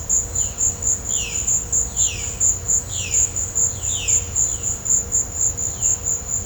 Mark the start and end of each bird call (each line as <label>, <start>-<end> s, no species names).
bird call, 1.04-1.43 s
bird call, 1.88-2.28 s
bird call, 2.92-3.23 s
bird call, 3.67-4.83 s